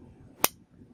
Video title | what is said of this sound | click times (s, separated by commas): Incipio Stowaway iPhone 4/4s Case Unboxing and Review | the very nice click to it it's very secure it's very very secure it doesn't really open | 0.4 s